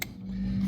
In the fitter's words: take it down till you hear it or feel it click